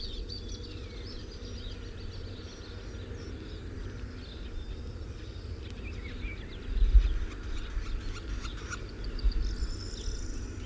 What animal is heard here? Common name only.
Eurasian Eagle-owl